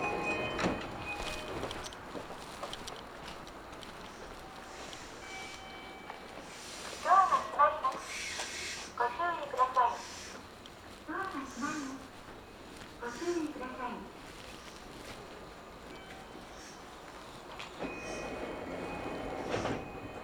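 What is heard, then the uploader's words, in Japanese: Inside a train on the Kagoshima Main Line, a steady running rumble carries a station announcement's chime and spoken voice from seven to fourteen seconds. 鹿児島本線・筑豊本線 九州工大前→折尾→本城。北九州市内の工業地帯を行くので貨物用の側線が多く並んでいて。スペースワールド駅で特急を待避し折尾駅に到着します。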